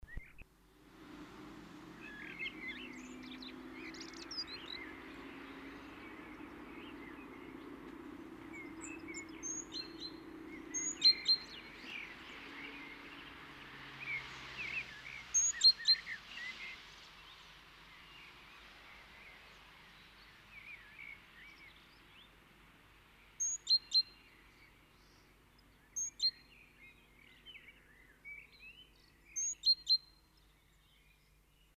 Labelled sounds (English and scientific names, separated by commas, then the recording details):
Great Tit (Parus major) call, Common Blackbird (Turdus merula)
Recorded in the wild
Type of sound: call
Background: Turdus merula
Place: Kaiserslautern, Rheinland-Pfalz, DE
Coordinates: 49.4247, 7.77889
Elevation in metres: 279
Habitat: garden
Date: 1977-05-15
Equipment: Nagra IV, Sennheiser MKH 405, Parabolreflektor
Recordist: Tretzel, Erwin
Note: Garten, Kaiserslautern: Rufe "s-pi pi"-Serie